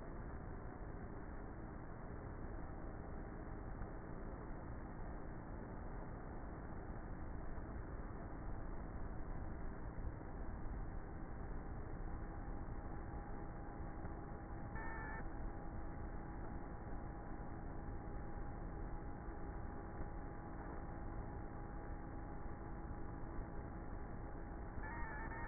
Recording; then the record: honeybee colony, microphone inside the hive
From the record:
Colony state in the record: queenless with a low population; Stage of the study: before two queens were removed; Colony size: about 30,000 bees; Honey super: no